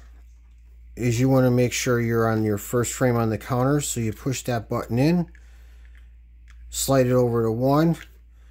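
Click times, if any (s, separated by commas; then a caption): none. Someone talks while handling the film frame counter on an Ansco Automatic Reflex 3.5 medium-format twin-lens reflex camera, pushing the counter button in and sliding the counter over toward frame one, where it should click and lock in place. Faint small handling sounds come in a pause between the talking, but nothing has seated or clicked yet when the clip ends.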